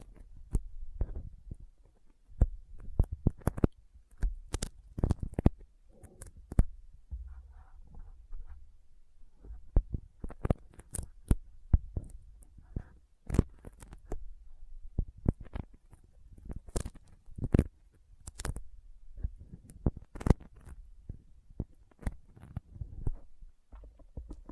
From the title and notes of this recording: ASMR Intense Sticky Finger Sounds (No Talking).